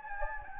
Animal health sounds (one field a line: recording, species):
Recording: mosquito wingbeat signal from an infrared sensor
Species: Anopheles gambiae